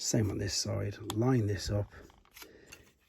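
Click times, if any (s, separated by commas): 2.7 s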